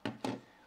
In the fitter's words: it's got three little Clips it's going to come off like so